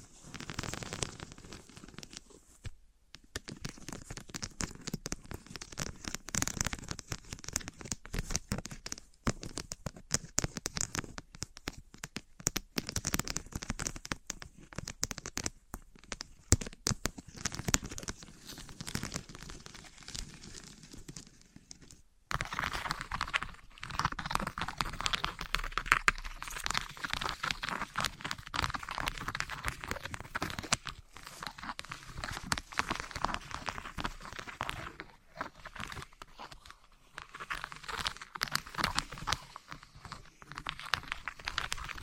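Materials being handled and rubbed against each other: wood and cork, sponge and foam, glass and plastic. Dense, irregular crinkling and scraping runs throughout, with a clear break near 22 seconds where the texture shifts to a brighter, hissier rubbing.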